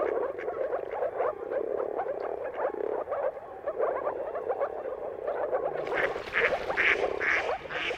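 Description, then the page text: Moor frog chorus of dense, gurgling low croaks; from about six seconds a duck quacks repeatedly over the frogs. Chorus of moor frogs giving mating calls at sunrise, seen at the turn of March and April depending on the weather. "Jakub-Orzecki moor frogs. Dawn’s Chorus: Mating Calls of Marsh Frogs at Sunrise. Depending on the weather at the turn of March and April, you can witness an amazing spectacle of moor frogs"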